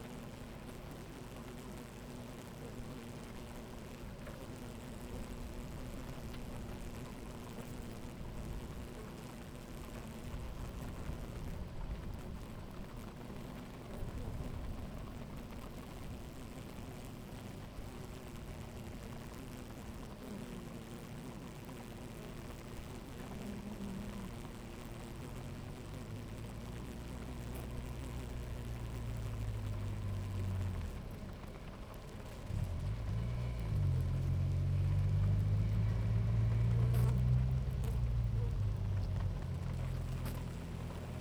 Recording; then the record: honeybee colony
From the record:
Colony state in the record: active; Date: 28 July 2017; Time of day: 11:12